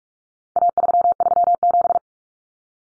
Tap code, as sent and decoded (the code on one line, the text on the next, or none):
none